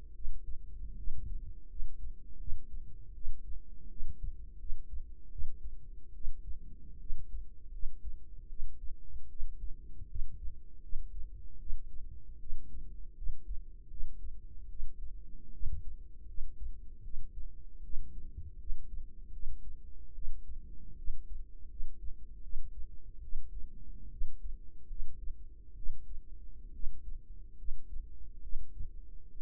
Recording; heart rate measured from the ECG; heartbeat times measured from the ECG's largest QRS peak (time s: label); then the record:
heart sounds by microphone in the right ear; 76 bpm
0.14 s: heartbeat
0.96 s: heartbeat
1.68 s: heartbeat
2.38 s: heartbeat
3.14 s: heartbeat
3.89 s: heartbeat
4.58 s: heartbeat
5.30 s: heartbeat
6.13 s: heartbeat
6.99 s: heartbeat
7.72 s: heartbeat
8.48 s: heartbeat
9.28 s: heartbeat
10.08 s: heartbeat
10.81 s: heartbeat
11.59 s: heartbeat
12.39 s: heartbeat
13.15 s: heartbeat
13.89 s: heartbeat
14.68 s: heartbeat
15.52 s: heartbeat
16.27 s: heartbeat
17.03 s: heartbeat
17.83 s: heartbeat
18.58 s: heartbeat
19.32 s: heartbeat
20.14 s: heartbeat
20.96 s: heartbeat
21.68 s: heartbeat
22.42 s: heartbeat
23.22 s: heartbeat
24.10 s: heartbeat
24.88 s: heartbeat
25.75 s: heartbeat
26.72 s: heartbeat
27.57 s: heartbeat
28.41 s: heartbeat
29.31 s: heartbeat
From the record:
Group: healthy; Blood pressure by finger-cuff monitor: 104/56 mmHg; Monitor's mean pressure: 71 mmHg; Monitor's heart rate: 76 bpm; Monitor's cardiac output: 7.1 L/min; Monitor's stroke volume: 92 mL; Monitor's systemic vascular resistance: 710 dyn s/cm5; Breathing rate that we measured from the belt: 21 breaths a minute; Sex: female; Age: 22 years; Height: 157 cm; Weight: 47.6 kg